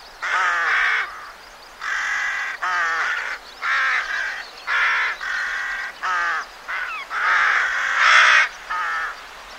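Rook cawing, a series of harsh, raspy caws.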